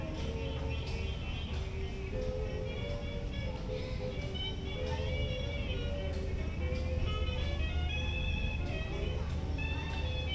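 A busy lobby area near the river, filled with a dense murmur of overlapping voices and steady chatter. A constant low rumble sits underneath, like an engine or machinery. Short clinks and taps pop up every second or so throughout.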